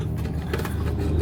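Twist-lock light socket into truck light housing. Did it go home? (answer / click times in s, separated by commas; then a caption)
no / none. A twist-lock light socket, with its tabs lined up, is being turned counter-clockwise into its housing on a pickup truck. Over a steady low rumble, a few short plastic handling taps occur at about 0.5, 0.7 and 0.9 seconds. Nothing has seated or snapped into place yet.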